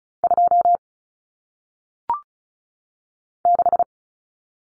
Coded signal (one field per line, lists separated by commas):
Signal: Morse code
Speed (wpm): 36 wpm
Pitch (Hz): 700 Hz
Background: none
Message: 2 6